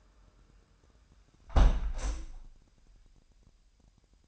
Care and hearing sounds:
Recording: daily activity, microphone in the room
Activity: close window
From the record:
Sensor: 2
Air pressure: 998.4 hPa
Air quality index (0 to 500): 129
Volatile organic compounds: 3 ppm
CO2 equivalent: 1464 ppm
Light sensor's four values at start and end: 6/15/6/7 and 6/15/6/7

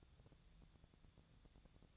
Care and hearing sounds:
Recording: daily activity, microphone in the room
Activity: take from stove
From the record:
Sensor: 3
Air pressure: 999.3 hPa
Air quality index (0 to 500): 197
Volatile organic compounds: 43 ppm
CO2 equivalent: 3203 ppm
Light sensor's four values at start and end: 7/17/7/7 and 7/17/7/7

